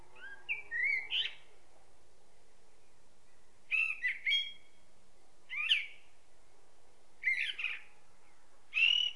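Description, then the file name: Common blackbird singing five separate phrases of mellow whistles ending in high squeaky flourishes, spaced a second or two apart. "Turdus merula"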